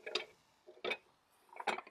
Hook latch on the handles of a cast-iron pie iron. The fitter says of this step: and then there's a nice little hook here that wraps around and engages it